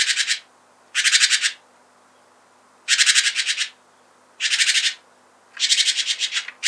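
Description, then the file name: Great tit churring calls, grating pulsed rattles each about half a second to a second long, given at uneven intervals of one to two seconds. "Parus major"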